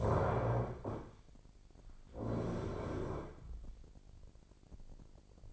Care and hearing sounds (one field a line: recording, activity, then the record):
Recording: daily activity, microphone in the room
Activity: stand up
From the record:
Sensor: 5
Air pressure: 1009.4 hPa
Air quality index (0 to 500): 154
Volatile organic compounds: 2 ppm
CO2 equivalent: 1186 ppm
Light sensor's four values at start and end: 249/596/253/276 and 249/597/253/277